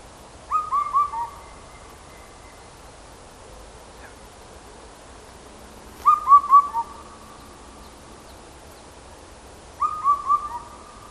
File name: Indian Cuckoo